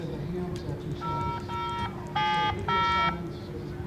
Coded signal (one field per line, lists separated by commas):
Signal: DTMF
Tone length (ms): 370 ms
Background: speech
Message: 0070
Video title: K1BDX CRAIG DAVIDSON TALKING ABOUT VOIP HAM RADIO AT QUARTZFEST JANUARY 22 2019